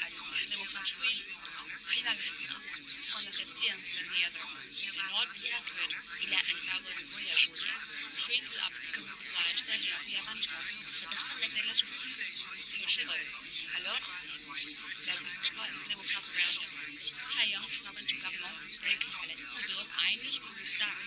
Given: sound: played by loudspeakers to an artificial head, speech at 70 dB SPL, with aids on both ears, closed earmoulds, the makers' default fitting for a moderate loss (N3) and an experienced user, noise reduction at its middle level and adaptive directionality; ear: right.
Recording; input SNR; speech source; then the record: speech test signal (ISTS) in cocktail-party noise; -6 dB; on the right (90 degrees)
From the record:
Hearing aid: class 2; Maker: H